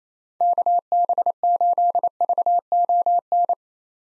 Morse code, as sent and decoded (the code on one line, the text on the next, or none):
-.- -... ---.. ...- --- -.
KB8VON